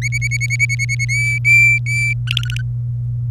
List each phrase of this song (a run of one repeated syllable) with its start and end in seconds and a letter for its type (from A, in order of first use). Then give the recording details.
0.02-1.05 A, 1.09-2.13 B, 2.27-2.62 C. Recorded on 26 April 2018 at 16:22. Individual llb3